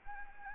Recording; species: mosquito wingbeat signal from an infrared sensor; Anopheles gambiae